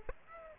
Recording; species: mosquito wingbeat signal from an infrared sensor; Aedes aegypti